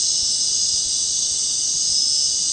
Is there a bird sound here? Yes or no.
no